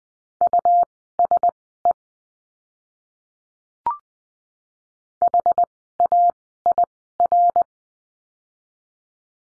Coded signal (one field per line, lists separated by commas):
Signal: Morse code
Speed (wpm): 20 wpm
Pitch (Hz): 700 Hz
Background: none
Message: USE HAIR